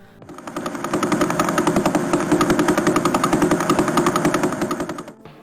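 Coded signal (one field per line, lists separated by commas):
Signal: unidentified radio signal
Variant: pulsar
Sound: fast steady rattling pulse train, like a machine gun or jackhammer, rising then fading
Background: radio static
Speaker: The sounds from this video directly corresponds to the audio waves emitted by some of the most luminous pulsars in the night sky as received by some of the largest radio telescopes in the world.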